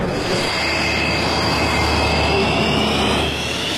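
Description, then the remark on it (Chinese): A formation of Chinese air force fighter jets, with early-warning, reconnaissance and electronic-jamming aircraft, in a 2018 exercise roars in a steady, loud, continuous rush of engine noise with faint high whining tones running through it, holding level for the whole few seconds with no voices. “千里之外，由红方歼击机、预警机、侦察机、电子干扰飞机等组成的战斗机群不断变换着队形和方向，逐渐压近边界线。”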